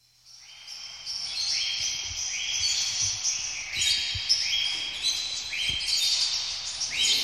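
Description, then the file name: Birds calling in a busy chorus of many overlapping high notes and repeated whistles. "uccelli birds"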